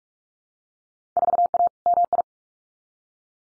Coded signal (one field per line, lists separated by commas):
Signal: Morse code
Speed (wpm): 46 wpm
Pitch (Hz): 700 Hz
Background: none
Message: 4A MI